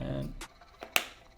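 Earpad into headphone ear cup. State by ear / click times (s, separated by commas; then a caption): seated / 1.0 s. A replacement earpad ring for a Sony PS5 Pulse Elite headset is aligned on the headphone ear cup, then pushed in and twisted. Someone talks at the start, then a faint tick is heard at 0.8 s. A sharp, bright click follows at 1.0 s as the earpad seats home in the ear cup.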